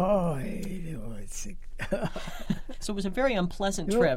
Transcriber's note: laughs